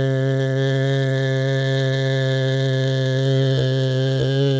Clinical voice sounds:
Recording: sustained vowel /e/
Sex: male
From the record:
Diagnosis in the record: Parkinson's disease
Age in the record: 68 years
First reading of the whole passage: 85 s, 6.1 characters per second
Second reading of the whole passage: 63 s, 8.2 characters per second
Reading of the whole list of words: 49 s, 5.8 characters per second

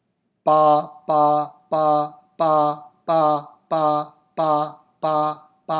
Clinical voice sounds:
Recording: repeated syllable /pa/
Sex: male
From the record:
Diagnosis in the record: healthy control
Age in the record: 70 years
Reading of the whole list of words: 64 s, 3.8 characters per second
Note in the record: marked for poor recording quality or reading difficulty

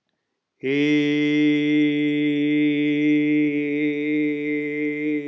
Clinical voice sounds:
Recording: sustained vowel /i/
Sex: male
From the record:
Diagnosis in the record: healthy control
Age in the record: 68 years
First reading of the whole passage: 60 s, 8.7 characters per second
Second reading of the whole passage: 55 s, 9.3 characters per second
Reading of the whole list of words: 43 s, 6.5 characters per second

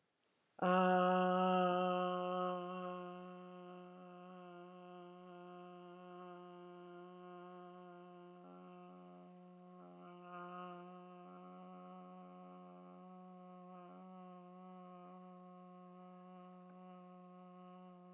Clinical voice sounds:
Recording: sustained vowel /a/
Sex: female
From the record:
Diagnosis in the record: healthy control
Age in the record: 63 years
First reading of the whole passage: 70 s, 6.7 characters per second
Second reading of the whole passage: 71 s, 6.6 characters per second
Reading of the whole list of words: 45 s, 6.3 characters per second

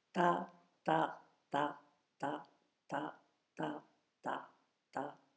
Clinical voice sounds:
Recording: repeated syllable /ta/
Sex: female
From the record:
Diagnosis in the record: healthy control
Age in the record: 72 years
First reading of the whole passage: 67 s, 7.5 characters per second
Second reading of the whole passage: 67 s, 7.5 characters per second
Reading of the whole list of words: 68 s, 4.2 characters per second

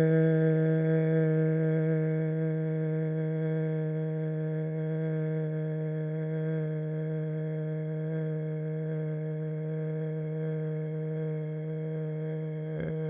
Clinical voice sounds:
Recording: sustained vowel /e/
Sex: male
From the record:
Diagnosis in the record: Parkinson's disease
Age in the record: 71 years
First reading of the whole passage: 62 s, 8.3 characters per second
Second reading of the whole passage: 53 s, 9.9 characters per second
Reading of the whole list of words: 66 s, 4.2 characters per second

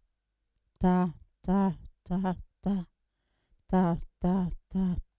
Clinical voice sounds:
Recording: repeated syllable /ta/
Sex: female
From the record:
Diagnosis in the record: Parkinson's disease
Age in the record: 80 years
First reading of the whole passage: 169 s, 3.1 characters per second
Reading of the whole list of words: 101 s, 2.8 characters per second

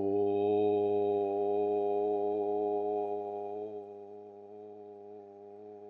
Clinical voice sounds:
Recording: sustained vowel /o/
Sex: male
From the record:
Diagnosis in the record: healthy control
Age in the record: 76 years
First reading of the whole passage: 56 s, 9.2 characters per second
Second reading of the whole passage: 53 s, 9.7 characters per second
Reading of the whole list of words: 49 s, 5.7 characters per second

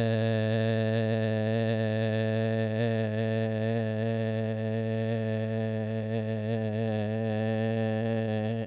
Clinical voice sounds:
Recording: sustained vowel /e/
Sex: male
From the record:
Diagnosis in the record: Parkinson's disease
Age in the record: 72 years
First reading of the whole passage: 118 s, 4.4 characters per second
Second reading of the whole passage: 99 s, 5.2 characters per second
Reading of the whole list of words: 88 s, 3.2 characters per second

